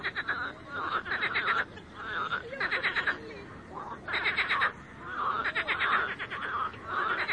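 Frogs calling, repeated bursts of fast rattling pulses with softer croaks between and short quieter gaps.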